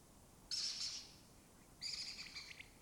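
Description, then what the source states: Lesser kestrel calls, two grating rasps about a second apart, the second longer and broken into stuttering pulses at its end. Breeding colony occupying an abandoned building complex in Doñana, southern Europe; migratory birds that forage in West Africa and breed in southern Europe.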